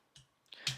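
Two plastic torso pieces of a Transformers Legacy Deluxe Class Red Cog transforming robot action figure are pushed together, a long plastic tab on one piece going into a long slot on the other. After a soft tap at about 0.2 s, sharp clicks come at 0.5 s and 0.7 s, the second one the loudest. The torso panels are seated and clipped together.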